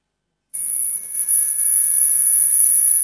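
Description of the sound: After half a second of silence, a steady, very high-pitched whistle-like tone begins and holds unchanged throughout, over faint room hum. It is a simulation of tinnitus heard continuously for a year: a beep that never goes away, caused by hearing damage from a pop concert, with added sensitivity to noise.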